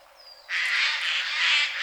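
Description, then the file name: Eurasian jay giving a harsh, rasping screech that starts abruptly and holds for over a second, a faint thin whistle just before it. "Garrulus glandarius"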